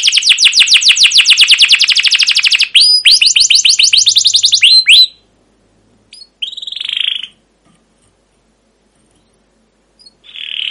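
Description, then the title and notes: Canary delivering fast rattling trills and slurred chirps for about five seconds, followed by quiet gaps and two short buzzy phrases. Long, continuous canary singing with 'cuit cuit' chirps and 'ngerol' rolling trills, used as a lure and tutor recording for young canaries learning to sing. "CUIT CUIT NGEROL LANGSUNG GACOR PANJANG Kenari Pancingan KENAR. PANCINGAN Kenari GACOR PANJANG Cuit CUIT EMOSI MASTERAN Kenari PAUD belajar BUNYI. burung kenari"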